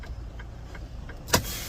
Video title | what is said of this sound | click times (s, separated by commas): scoob 2nd week back at home let's go!!!!! | You Hear The Click | 1.3 s